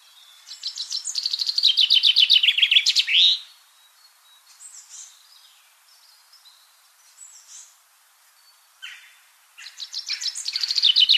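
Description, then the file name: Common chaffinch song: two bright descending trills, the first ending in a sharp flourish and the second running to the end, with faint chirps between. "Fringilla coelebs"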